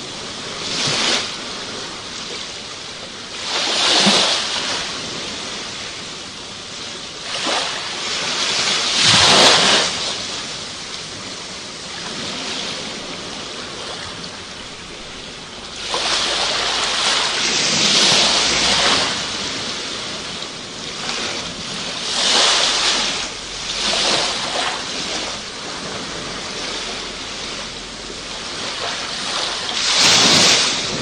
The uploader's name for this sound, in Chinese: 身临其境的海浪声